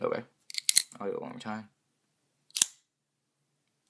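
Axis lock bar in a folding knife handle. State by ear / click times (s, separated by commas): seated / 2.6 s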